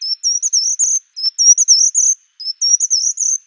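Bird song unit, a thin, high twittering phrase of quick warbled notes, repeated three times with brief pauses between; no other sounds.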